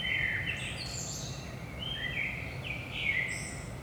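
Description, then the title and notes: Common blackbird delivering two rich, low whistled phrases in quick succession, each finished with sharp high squeaky notes, against a continuous low-pitched noise. Recorded in Saint-Gilles, Belgium, at 5 am in the early morning; captured with a DPA 4060 pair in AB position into a Zoom F3 recorder. "Saint-Gilles, Belgique - 5am Blackbird. Blackbird in the morning. Merle au petit matin"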